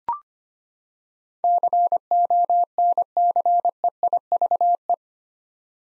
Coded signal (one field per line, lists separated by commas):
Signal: Morse code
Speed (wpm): 25 wpm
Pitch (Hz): 700 Hz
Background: none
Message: CONCEIVE